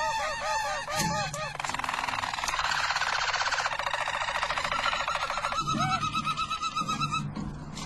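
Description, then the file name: Harz Roller canary song opening with rounded looping notes, then a long dense rolling trill and a thin held whistle near the end. Belgian Harz Roller canary. "canto do canario belga harz roller"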